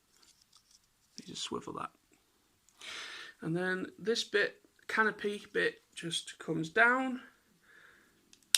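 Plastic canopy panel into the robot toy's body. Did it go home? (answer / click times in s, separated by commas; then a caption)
yes / 8.5 s. Someone talks while converting a transforming robot toy, swinging its plastic canopy panel down and pressing it straight into its slot in the body, with a few faint handling ticks along the way. At 8.6 s the canopy seats with a single sharp, loud click, snapping cleanly into place as this figure's parts do.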